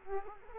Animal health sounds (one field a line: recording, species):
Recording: mosquito wingbeat signal from an infrared sensor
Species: Culex quinquefasciatus